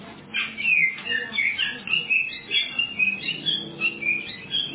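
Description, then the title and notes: Oriental magpie-robin singing a steady stream of bright, varied whistles and quick trills, phrases following closely one after another. "suara kacer. kumpulan suara burung kacer"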